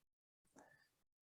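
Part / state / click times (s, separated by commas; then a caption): bobbin case into embroidery machine rotary hook / seated / 0.6 s. With the latch held back, a bobbin case is pushed into the rotary hook of a commercial embroidery machine. After a short silence there is a soft handling rustle, then a sharp click at 0.6 s as the case seats in the hook, followed by a fading scrape. The bobbin case is clicked into place.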